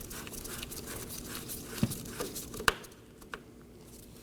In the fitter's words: Make sure you hear that click.